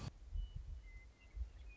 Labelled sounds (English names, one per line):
Western Meadowlark